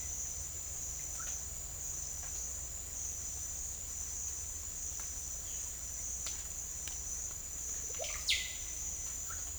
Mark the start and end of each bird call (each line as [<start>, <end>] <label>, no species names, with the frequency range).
[7.98, 8.64] bird call (0.4-5.9 kHz)